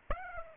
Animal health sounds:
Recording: mosquito wingbeat signal from an infrared sensor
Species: Aedes aegypti

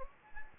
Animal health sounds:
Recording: mosquito wingbeat signal from an infrared sensor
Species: Anopheles gambiae

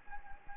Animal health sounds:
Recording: mosquito wingbeat signal from an infrared sensor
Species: Anopheles gambiae

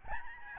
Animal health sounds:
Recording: mosquito wingbeat signal from an infrared sensor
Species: Aedes albopictus

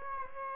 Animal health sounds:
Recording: mosquito wingbeat signal from an infrared sensor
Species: Aedes aegypti

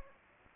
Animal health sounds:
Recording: mosquito wingbeat signal from an infrared sensor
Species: Anopheles arabiensis

